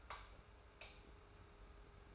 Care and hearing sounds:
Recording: daily activity, microphone in the room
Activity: light off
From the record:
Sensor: 2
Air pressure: 990.9 hPa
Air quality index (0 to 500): 119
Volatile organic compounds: 81 ppm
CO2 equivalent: 3611 ppm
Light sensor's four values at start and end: 30/76/31/30 and 25/59/24/24

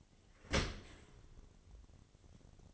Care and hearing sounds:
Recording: daily activity, microphone in the room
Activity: open dishwasher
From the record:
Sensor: 4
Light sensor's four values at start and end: 22/70/27/26 and 22/69/26/26

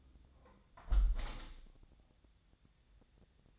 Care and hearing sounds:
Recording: daily activity, microphone in the room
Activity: close window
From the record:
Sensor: 3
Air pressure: 1014.8 hPa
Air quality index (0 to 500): 71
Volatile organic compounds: 1 ppm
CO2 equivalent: 955 ppm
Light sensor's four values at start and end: 10/22/9/9 and 9/22/9/9

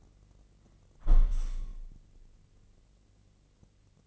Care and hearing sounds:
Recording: daily activity, microphone in the room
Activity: close window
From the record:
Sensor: 4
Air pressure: 1013.2 hPa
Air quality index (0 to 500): 171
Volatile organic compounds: 2 ppm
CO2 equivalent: 1079 ppm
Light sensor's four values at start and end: 61/150/62/64 and 64/160/66/68

